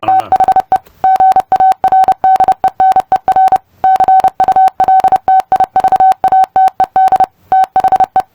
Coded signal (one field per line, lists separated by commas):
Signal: Morse code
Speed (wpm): 28 wpm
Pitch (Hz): 760 Hz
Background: none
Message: THE GARDENER CULTIVATED THE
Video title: Testing comprehension of morse code. #morsecodepractice #morse #morsecode